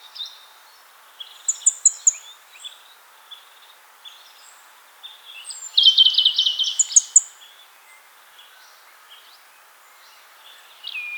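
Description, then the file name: European robin song: scattered high twittering notes and a louder trilled phrase midway, with thin high whistles; phrases fairly soft and broken. "Erithacus rubecula"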